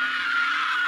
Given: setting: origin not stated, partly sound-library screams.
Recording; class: one-second piece from a danger detection set; woman in danger